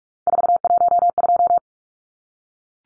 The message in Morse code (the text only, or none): 412